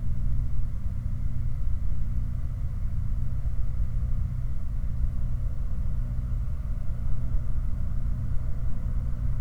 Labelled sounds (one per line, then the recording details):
machinery
flare stack
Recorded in the Prudhoe Bay oil fields, Alaska, on 19 July 2019 at 06:14
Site 29